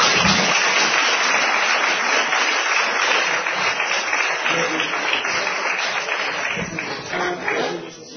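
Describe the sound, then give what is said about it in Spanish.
A crowd applauds a group of storytellers at an event of the Asociación Cultural Don Cecilio, a dense wash of many hands clapping at once that holds loud for several seconds before starting to thin out near the end. “Así que, por favor, darles un aplauso.”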